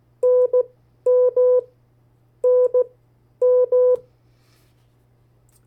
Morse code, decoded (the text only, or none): NM NM